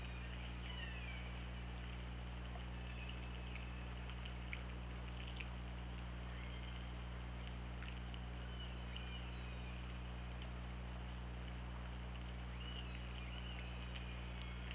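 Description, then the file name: Killer whale calls, faint sweeping tonal lines and scattered clicks underwater, over a steady low mechanical hum and hiss. Hydrophone recording from OrcaLab, 24 August 2017, around 20:52. "Orca Lab UTLN JASON 20170824 205203"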